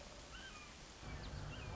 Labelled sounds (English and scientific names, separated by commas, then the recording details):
Red-shouldered Hawk (Buteo lineatus)
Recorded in Sonoma County, California